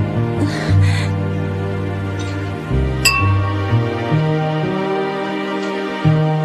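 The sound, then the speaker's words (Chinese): A single bright clink of glasses rings out once, midway, with a short high ringing tail, set against steady, sustained background music with slowly shifting notes; a toast to their future in the 1987 TVB Cantonese City Hunter cartoon. “饮翻杯啦，为我哋未来干杯！”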